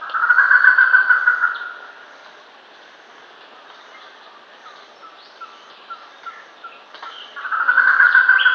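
Germain's peacock-pheasant, cackle opening with a loud rapid rattle, followed by a quiet stretch of faint clucks, and a second rattling burst at the end.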